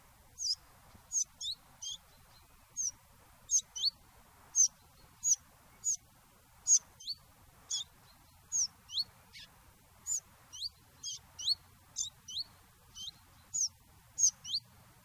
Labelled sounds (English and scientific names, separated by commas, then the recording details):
Willow Warbler (Phylloscopus trochilus)
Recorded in the wild
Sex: male
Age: adult
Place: Garmisch-Partenkirchen, Bayern, DE
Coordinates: 47.4931, 11.0633
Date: 1962-04-21
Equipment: Stellavox SM 5, Original, Vollspur, AKG D19/200, langes Kabel
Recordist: Tretzel, Erwin
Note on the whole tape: Garmisch (Kramer): Fitis: laufend mit Rivalenlauten und Teilstrophen (ungeschnitten)